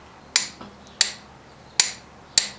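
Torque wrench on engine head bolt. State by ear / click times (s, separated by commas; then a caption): torque reached / 0.4 s, 1.0 s, 1.8 s, 2.4 s. A click-type torque wrench tightens head bolts on a 1000 hp stroker engine to 60 foot-pounds. Four sharp, bright clicks ring out at 0.4, 1.0, 1.8 and 2.4 seconds, each time the wrench reaches its setting. Each click confirms the bolt has reached the set torque.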